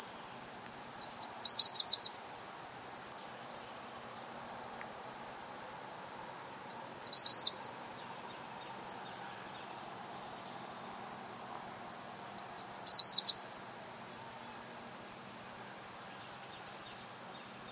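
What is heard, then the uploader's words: A Yellow Warbler sings three times, near 1, 7 and 12.5 seconds, each song a quick run of high, bright, accelerating notes ending in a sharp flourish. Between songs, a low, steady hum of traffic or wind fills the background. This Yellow Warbler (Dendroica petechia) was singing repeatedly while foraging in a salmonberry thicket along Lincoln Street early in the morning. Sitka. Yellow Warbler Singing.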